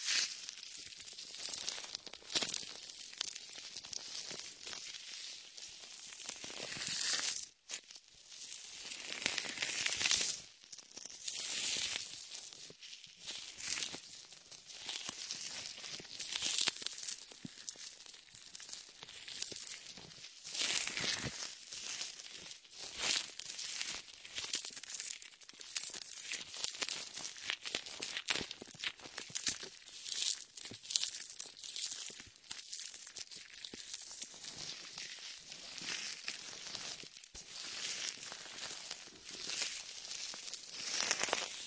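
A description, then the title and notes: Latex ear massage with shaving foam: a continuous stream of crinkly, squelchy rubbing and crackling, bright and hissy, with little low sound. The texture shifts constantly in rapid bursts, with brief near-silent gaps around seconds 7 and 10. Latex ear massage with shaving foam for comfort.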